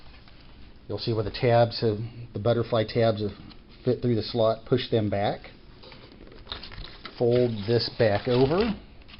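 Someone talks while handling cardboard butterfly tabs, pushing them through a slot in a box and folding the flap back over. Soft crinkling and a burst of short taps and scrapes come between about 6.1 and 7.1 seconds. The clip ends before the tabs lock into place, so nothing has seated or clicked yet.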